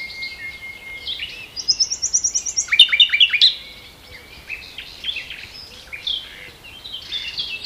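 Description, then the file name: Common nightingale song: a long steady whistle, then rapid repeated chirps and a burst of loud staccato notes, followed by scattered softer phrases. "Luscinia megarhynchos"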